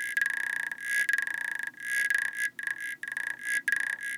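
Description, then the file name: African clawed frog calling with rapid metallic clicking trills in short bursts, each burst swelling then breaking off with brief gaps. "Xenopus laevis"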